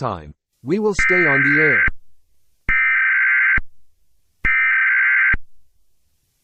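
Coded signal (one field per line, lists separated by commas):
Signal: Emergency Alert System (SAME) tones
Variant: header bursts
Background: speech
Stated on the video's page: Fictional EAS scenario, simulated alert, made with Clipchamp.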